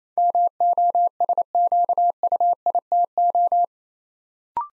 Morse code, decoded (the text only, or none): MOSQUITO